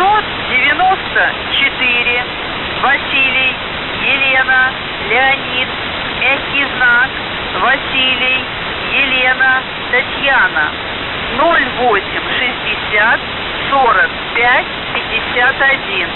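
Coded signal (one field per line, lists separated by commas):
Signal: coded military voice message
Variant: Russian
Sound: a voice reading Russian number groups and phonetic-alphabet names, then a callsign, over hiss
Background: radio static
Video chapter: 00:00 - Воздух Охват-98 26594 ВЕЛЬС(В)ЕТ 0860 4551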